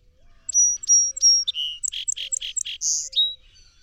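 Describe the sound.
Song sparrow song of three clear whistled notes, then a descending buzz, a quick string of harsh notes and a closing buzzy phrase.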